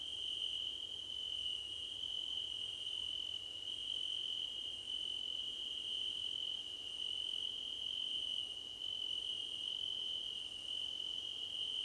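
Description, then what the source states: Crickets trilling together in a continuous shrill drone, unbroken throughout. Crickets in a choir competition.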